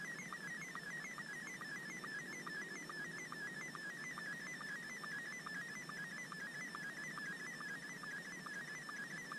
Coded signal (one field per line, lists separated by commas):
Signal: SSTV (slow-scan television)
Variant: Scottie 1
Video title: My journey getting into SOTA - Summits On The Air - KG7JQY